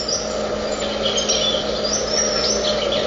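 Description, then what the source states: Ruby-crowned kinglet chatter, thin high twittering notes over a steady low hum. Wild bird outdoors during fall migration among yellow autumn birches, 45°F, 9 a.m., September 7th; very vocal, giving its fall song, described as happy chatter.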